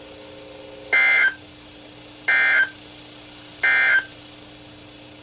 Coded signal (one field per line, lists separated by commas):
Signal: Emergency Alert System (SAME) tones